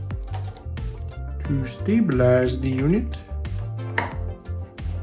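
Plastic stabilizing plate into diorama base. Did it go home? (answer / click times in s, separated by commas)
yes / 4.0 s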